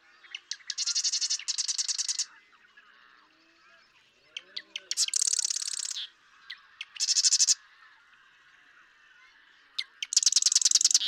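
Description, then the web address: Marsh Wren repeatedly singing: sharp ticking introductory notes leading into fast, dry, buzzy rattles, four songs in about eleven seconds. "birdsongforthecurious Marsh Wren"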